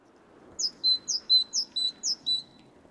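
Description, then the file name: Great tit giving a bright two-note phrase, a high sharp note dropping to a lower whistled one, repeated four times in quick succession over a soft background hiss. "Parus major"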